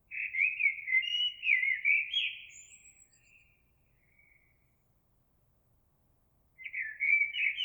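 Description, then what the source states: Eurasian blackbird singing a long, rich, fluted phrase that trails off into thin high notes, then a new warbling phrase starts after a pause. Recorded 26 April 2022.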